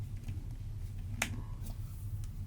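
A bowling ball is positioned on its thumb hole in a drilling jig and clamped so it is locked in place for drilling. Over a steady low hum, the clamp closes with one loud, sharp snap at 1.2 s, followed by a faint tick at 2.2 s. The ball ends up seated and locked in place.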